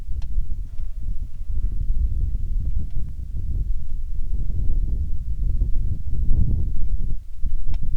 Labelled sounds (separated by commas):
wind, rain, insects